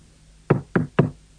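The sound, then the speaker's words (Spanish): Three firm knocks on a hotel room door at a steady, even pace, each a sharp thud with a short decay, sounding alone against a quiet background. “Ahora, imagine que alguien, siempre en el hotel, llama a la puerta de su habitación.”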